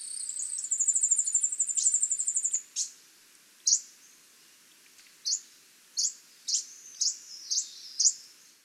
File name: Lemon rumped Warbler Phylloscopus chloronotus